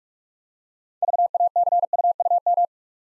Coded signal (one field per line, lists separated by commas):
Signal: Morse code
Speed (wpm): 44 wpm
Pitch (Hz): 700 Hz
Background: none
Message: VACUUM